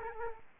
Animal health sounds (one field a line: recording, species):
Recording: mosquito wingbeat signal from an infrared sensor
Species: Aedes albopictus